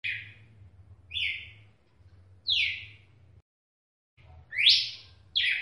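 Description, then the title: Red-cowled cardinal song of a few separate whistled notes, some dropping in pitch, spaced irregularly with a short pause, against a low droning background. "Galo De Campina"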